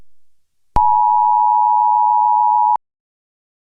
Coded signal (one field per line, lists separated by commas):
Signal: Emergency Alert System (SAME) tones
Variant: 853 and 960 Hz attention tone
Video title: eas scenario: the comeback of the annoying daniel